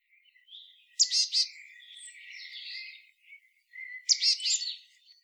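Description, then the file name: Marsh tit calls: two bursts of sharp, clicky high notes about three seconds apart, each followed by softer buzzy notes. "Poecile palustris"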